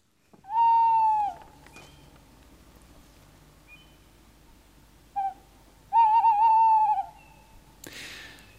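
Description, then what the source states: Tawny Owl hooting: one drawn-out hoot, a long pause, a brief short note, then a long wavering hoot. The species' signature call: one drawn-out hoot, a long pause, then several shorter, almost shivering hoots; example from a bird song lesson on owls.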